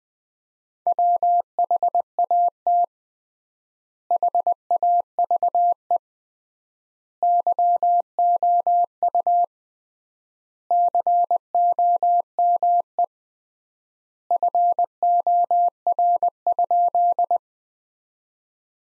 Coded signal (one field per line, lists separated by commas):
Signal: Morse code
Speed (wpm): 20 wpm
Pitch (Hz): 700 Hz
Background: none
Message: WHAT HAVE YOU COME FOR?